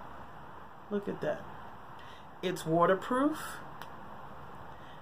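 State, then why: Seated. Someone talks while closing the cap onto a slim waterproof eyeliner pen. The cap snaps shut with a short, sharp click at 3.8 s, and it is seated.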